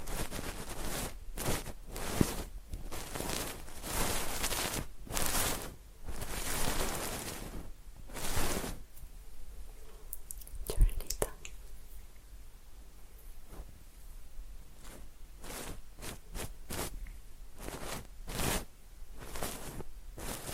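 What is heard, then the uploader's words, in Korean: Mouth sounds and fiddling with a pin mic: for the first eight seconds, thick bursts of wet, crackly smacks and rustles come one after another. After that it thins out to a quiet hiss with scattered sharp clicks and pops, the sharpest near the eleven-second mark. 입소리폭탄 핀마이크 괴롭히기.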